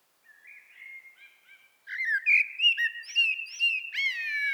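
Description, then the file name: Common blackbird song: soft drawn-out whistles, then a louder run of fluty, slurred notes with scratchy high overtones. "Turdus merula"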